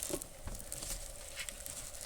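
A plastic engine dipstick tube is pushed by hand toward its socket in the new aluminum upper timing cover of a 2015 VW Jetta TSI 1.8T. Only light handling taps and rustling are heard. Nothing has seated or snapped in yet.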